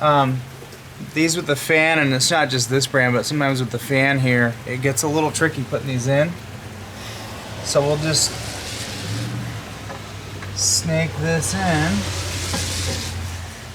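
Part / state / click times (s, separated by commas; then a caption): LED headlight bulb into headlight housing / not seated / none. A fan-cooled AUXITO Y19 LED headlight bulb is worked past obstacles toward the socket in the headlight housing. Someone talks throughout, with faint rustling and handling noise in the quieter stretches. The bulb has not seated or clicked yet.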